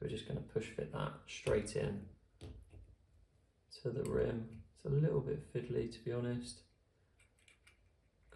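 Someone talks while lining up a small neon yellow plastic push-fit part on the wheel centre, pushing it into the rim of a model wheel from a DeAgostini 2023 Red Bull RB19 F1 car build; the fiddly part won't line up. Faint handling taps are heard near 7.5, 7.7 and 8.3 seconds, but the part has not seated or clicked into place yet.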